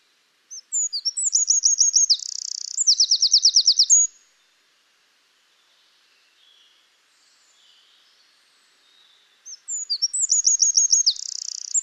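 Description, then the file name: Eurasian wren singing a shrill, rapid song of squeaky notes, a buzzy section and rattling trills, then silence, then the next song beginning. "Troglodytes troglodytes"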